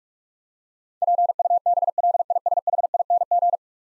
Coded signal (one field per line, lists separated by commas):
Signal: Morse code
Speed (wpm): 41 wpm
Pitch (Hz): 700 Hz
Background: none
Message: PUBLISHING